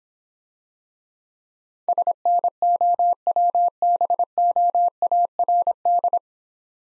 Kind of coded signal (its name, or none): Morse code